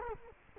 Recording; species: mosquito wingbeat signal from an infrared sensor; Culex quinquefasciatus